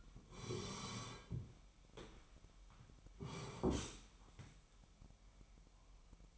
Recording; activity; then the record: daily activity, microphone in the room; sit down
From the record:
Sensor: 1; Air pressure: 998.6 hPa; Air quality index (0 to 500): 118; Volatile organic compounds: 3 ppm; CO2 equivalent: 1410 ppm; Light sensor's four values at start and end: 7/18/7/8 and 8/18/7/9